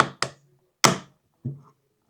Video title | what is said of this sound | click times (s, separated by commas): xmartO 4MP QHD Wireless PTZ Solar Security Camera | and place on till you hear snapping. | 0.2 s, 0.8 s